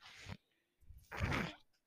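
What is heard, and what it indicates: Two rushing, breathy air bursts about a second apart, the rhythmic cycling noise of a person's own mechanical ventilator.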